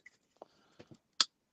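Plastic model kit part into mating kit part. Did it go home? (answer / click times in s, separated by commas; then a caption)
yes / 1.2 s. Plastic parts of a Revell Millennium Falcon spaceship model kit that were not fitting are pressed together. A few faint scrapes and taps come first, then the part snaps into its mating kit part with one loud, sharp click at 1.2 s. The parts are seated.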